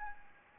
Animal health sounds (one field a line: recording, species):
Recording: mosquito wingbeat signal from an infrared sensor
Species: Anopheles gambiae